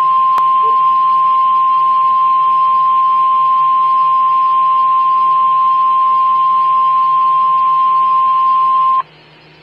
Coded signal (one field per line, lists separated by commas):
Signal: Emergency Alert System (SAME) tones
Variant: 1050 Hz attention tone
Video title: Real EAS #500!!! Severe Thunderstorm Warning